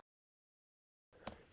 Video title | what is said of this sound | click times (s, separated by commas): NJZ Folding Portable Camping Table with Carry Bag How to Build | you'll start by unfolding the table legs and once you hear a clicking sound you know that it's locked into place | 1.3 s